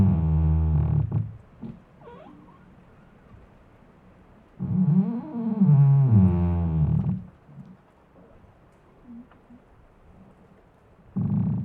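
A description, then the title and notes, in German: A squeaking tree creaks in long, low, groaning strains: one at the start, a longer wavering one from about 4.5 to 7 seconds whose pitch rises and falls, and another beginning near the end. Between them it is nearly silent, with only faint small ticks. Ein Ohr an einem quietschenden Baum.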